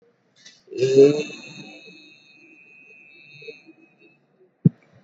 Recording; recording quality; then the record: sustained vowel as in made; moderate, slight background noise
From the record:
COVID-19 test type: RT-PCR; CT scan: not taken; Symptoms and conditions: cough, cold, breathing difficulty, another respiratory illness, hypertension, diabetes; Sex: female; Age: 55 years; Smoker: no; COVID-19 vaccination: none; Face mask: not worn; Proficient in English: yes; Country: India